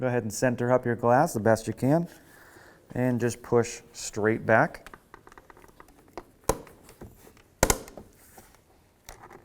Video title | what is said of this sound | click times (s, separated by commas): How to Replace Driver Side Mirror Glass 2015-2019 Hyundai Sonata | you'll hear a few clicks | 6.5 s, 7.6 s